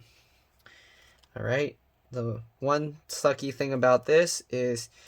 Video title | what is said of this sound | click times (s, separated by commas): MSI GS63 Stealth Disassembly RAM SSD Hard Drive Upgrade Repair Fan Repair Battery Replacement | all right and then snap that down there we go | 0.7 s, 1.2 s